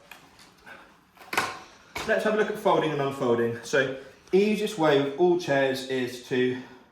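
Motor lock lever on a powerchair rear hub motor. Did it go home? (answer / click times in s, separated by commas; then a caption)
no / none. Someone talks while handling the motor lock lever on the rear hub motor of a Lith-Tech Carbon FS carbon fibre lightweight folding powerchair, with a short sharp handling sound near 1.3 s. The levers are being set to lock off the motors before folding, but the clip ends before they go home, and nothing has clicked or seated yet.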